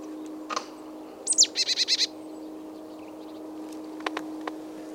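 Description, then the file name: Marsh tit call: a high, sharp downslurred note followed by a quick run of about five buzzy, nasal notes, with a steady low hum behind. "Poecile palustris"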